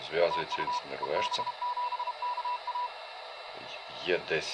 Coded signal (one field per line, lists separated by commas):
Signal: Morse code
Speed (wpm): 32 wpm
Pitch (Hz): 980 Hz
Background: speech, radio noise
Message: TU EB7KA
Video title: TYT TH-9800 and home made oscilator for receiving CW + SSB + FT8, from UR5GAW